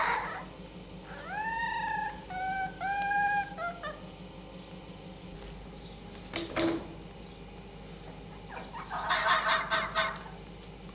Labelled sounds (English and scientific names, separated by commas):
Red Fox (Vulpes vulpes)